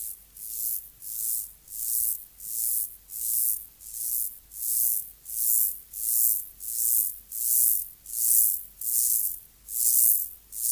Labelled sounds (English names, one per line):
Mottled Grasshopper stridulation